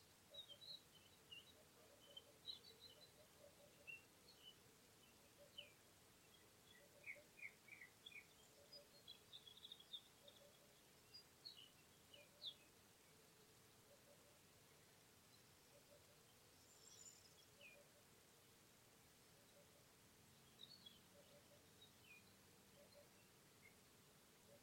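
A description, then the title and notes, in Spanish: Birds sing over spring cereal fields, with corn bunting, little bustard and bee-eater calls among them. Short, bright chirps and trills come in quick scattered bursts, thickest in the first half and sparser later. A steady low murmur and soft repeated pulses run underneath throughout. Primavera entre campos de cereales. A finales de Abril y con el verde de las primeras espigas de cereal podemos escuchar la alegría de los cantos del escribano triguero, el sisón, los abejarucos...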